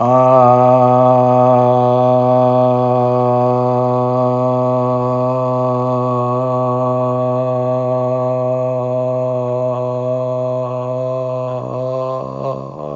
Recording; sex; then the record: sustained vowel /a/; male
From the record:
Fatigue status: no fatigue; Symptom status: asymptomatic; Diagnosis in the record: COVID-19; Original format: m4a